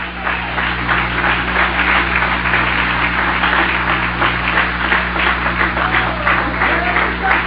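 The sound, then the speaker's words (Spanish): A crowd claps steadily and loudly for several seconds in applause to the Lord, the dense patter of many hands blending into a continuous, even wash of applause with a low hum underneath. “¿Cuánto le doy un aplauso al Señor?”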